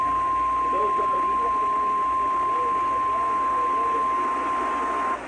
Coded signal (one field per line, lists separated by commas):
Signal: Emergency Alert System (SAME) tones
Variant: 1050 Hz attention tone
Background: speech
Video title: Just some random catches! EAS Alerts from 10/30 - 11/27. [EAS #3,468 - 3,493]